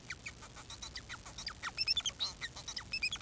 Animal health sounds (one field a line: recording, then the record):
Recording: song of a male Bengalese finch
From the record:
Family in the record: son of father 4